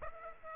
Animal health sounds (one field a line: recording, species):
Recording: mosquito wingbeat signal from an infrared sensor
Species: Aedes aegypti